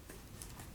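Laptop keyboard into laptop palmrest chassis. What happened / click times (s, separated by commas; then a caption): The plastic panel snapped into its catches / 0.4 s. A replacement plastic keyboard for a Dell Latitude E7440 ultrabook laptop, with its cable lined up, is pressed down past the plastic lugs on the side of the palmrest. A short tick is heard at 0.4 s while someone talks, and the keyboard clicks into place, seated.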